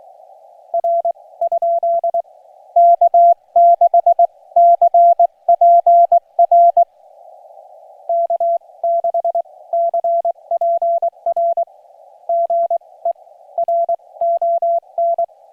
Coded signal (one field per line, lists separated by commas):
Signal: Morse code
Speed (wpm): 23 wpm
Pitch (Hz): 690 Hz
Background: none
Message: R? K6CPR K6CPR GE RON